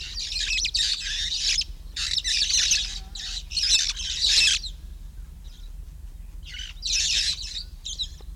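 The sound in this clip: Red-fronted parrot squawking, loud grating screeches coming in near-continuous bursts for several seconds, then a pause and a few more harsh calls.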